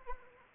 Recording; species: mosquito wingbeat signal from an infrared sensor; Anopheles arabiensis